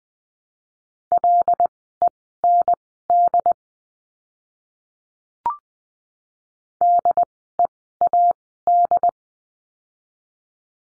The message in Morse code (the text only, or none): LEND DEAD